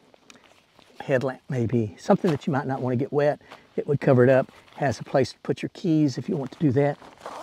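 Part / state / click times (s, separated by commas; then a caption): fabric pocket cover snap on backpack lid / not seated / none. A fabric pocket cover is being handled on a backpack lid, over the mesh pocket underneath it, while someone talks throughout. A few faint, short clicks occur near the start and a louder brief rustle comes at the very end. Nothing has snapped or seated yet.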